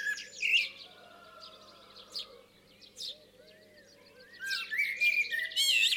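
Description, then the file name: Common blackbird song, slow low fluted whistles and gliding notes amid a busy chorus of high twittering birds, with a steady low hum underneath. "Turdus merula"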